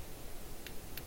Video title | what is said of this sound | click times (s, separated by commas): MG RGM 79G GM and 79SP GM Sniper II White Dingo Team Custom | when you pull them forward okay click | 0.7 s, 1.0 s